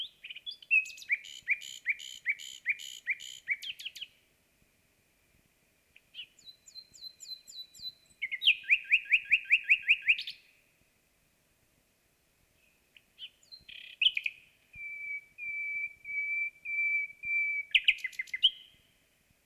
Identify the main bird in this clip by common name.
Common Nightingale